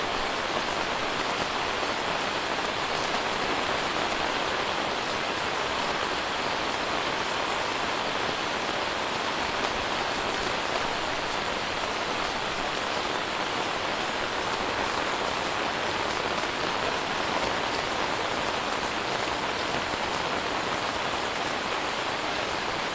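Torrential rain pours onto a zinc roof in a dense, unbroken hiss that holds steady from start to finish. The downpour sounds bright, made of countless tiny rapid impacts, with a soft low rumble underneath and no single drops standing out.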